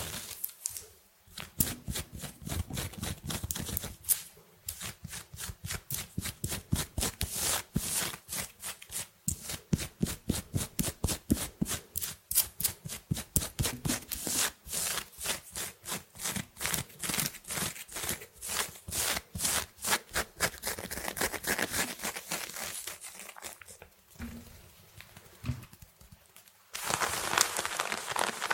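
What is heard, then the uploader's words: Fast, aggressive scratching on fabric, with rapid rough strokes repeating in dense bursts for most of the clip. The rasping is bright and gritty, pausing briefly around 4 and 22 seconds, and ends with a steadier rubbing noise. ASMR fast and aggressive fabric scratching.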